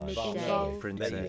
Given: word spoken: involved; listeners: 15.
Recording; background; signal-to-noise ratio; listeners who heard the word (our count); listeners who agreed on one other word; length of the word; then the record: one English word in noise, from a listening test; four-talker babble; -1.8 dB; 0 of 15; 10 of 15; 0.89 s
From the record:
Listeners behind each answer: 10, 3, 1, 1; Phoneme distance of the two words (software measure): 52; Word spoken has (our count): 2 syllables, 7 phonemes, stress on syllable 2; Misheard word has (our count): 2 syllables, 5 phonemes, stress on syllable 2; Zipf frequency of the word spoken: 5.10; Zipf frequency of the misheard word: 3.64